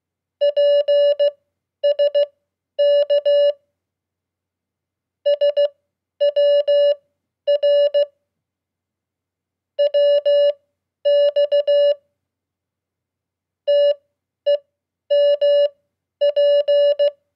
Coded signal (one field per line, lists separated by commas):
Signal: Morse code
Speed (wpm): 16 wpm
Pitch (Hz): 580 Hz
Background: none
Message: PSK SWR WX TEMP